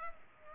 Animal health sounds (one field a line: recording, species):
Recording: mosquito wingbeat signal from an infrared sensor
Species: Culex pipiens